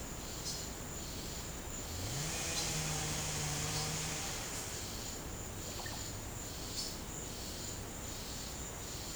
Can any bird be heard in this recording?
no